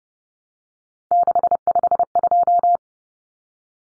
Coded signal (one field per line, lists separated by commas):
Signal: Morse code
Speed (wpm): 30 wpm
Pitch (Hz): 700 Hz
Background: none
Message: 652